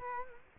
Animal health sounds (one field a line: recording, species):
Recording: mosquito wingbeat signal from an infrared sensor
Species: Culex quinquefasciatus